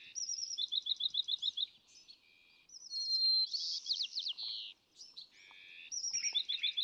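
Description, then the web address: California thrasher singing, opening with a fast repeated trill, followed by buzzy sweeping notes and a mix of varied phrases. "birdsongforthecurious California Thrasher"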